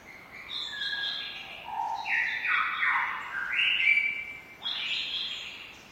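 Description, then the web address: Lyrebird squawks in a busy run of rasping, flat-topped notes at shifting pitches, some sliding downward, overlapping almost without pause. "lyrebirds squaking. lyrebirds squeaking"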